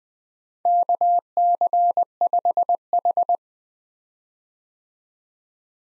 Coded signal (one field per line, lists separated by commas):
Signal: Morse code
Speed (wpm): 21 wpm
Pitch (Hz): 700 Hz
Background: none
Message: KC5H